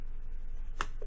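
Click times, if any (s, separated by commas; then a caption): 0.8 s. A small retaining clip is pressed onto the shaft of a Corvette C3 Stingray headlight actuator and snaps into place with one sharp click at 0.8 s. A faint, softer tick follows about 0.2 s later, and the clip is seated on the shaft.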